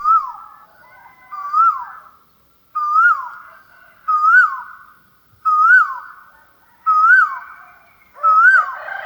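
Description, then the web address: Asian koel calling, a loud whistled two-part note that rises then falls, repeated about every one and a half seconds, seven times in succession. "Asian Koel Bird"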